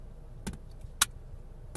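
A phone is pushed into the cradle of an Aecks 2-in-1 car mount holder fixed to a windshield, with faint ticks at about 0.5 s and 1.8 s. At 1.0 s the cradle closes on the phone with a loud plastic snap, and the phone locks into place without a problem.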